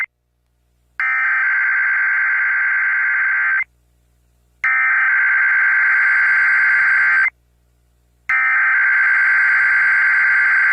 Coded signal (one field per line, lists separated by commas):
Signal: Emergency Alert System (SAME) tones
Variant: header bursts